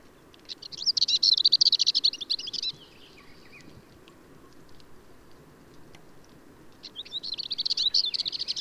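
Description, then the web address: Marmora's warbler song: two high, scratchy, hurried warbling phrases, each lasting about two seconds, separated by a quiet gap of roughly four seconds. "Magnanina sarda"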